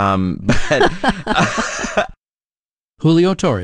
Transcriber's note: laughter